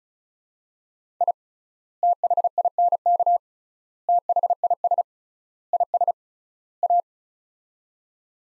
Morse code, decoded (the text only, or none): I THINK THIS IS A